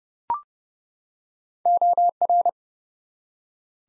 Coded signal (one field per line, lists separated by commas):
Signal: Morse code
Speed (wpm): 30 wpm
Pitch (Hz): 700 Hz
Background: none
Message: OR